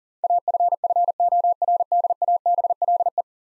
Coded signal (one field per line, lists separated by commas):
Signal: Morse code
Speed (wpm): 40 wpm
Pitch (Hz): 700 Hz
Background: none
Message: AFFORDABLE